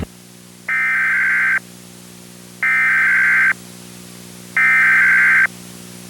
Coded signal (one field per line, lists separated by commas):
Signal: Emergency Alert System (SAME) tones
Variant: header bursts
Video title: EAS MOCK:CURSED BUSHES